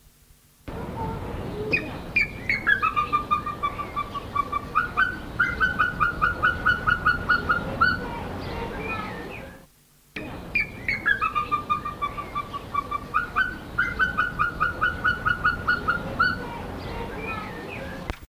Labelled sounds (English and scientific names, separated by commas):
Verreaux's Eagle (Aquila verreauxii) call